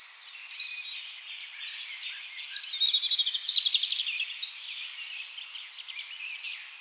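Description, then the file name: European robin song, a rapid stream of high, thin, tinkling notes and short trills, continuous and varied in pitch. "Erithacus rubecula"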